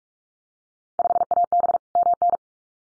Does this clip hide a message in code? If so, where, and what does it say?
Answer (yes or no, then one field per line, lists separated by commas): yes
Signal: Morse code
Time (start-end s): 1.0-2.4 s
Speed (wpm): 44 wpm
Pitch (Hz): 700 Hz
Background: none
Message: 5AB MN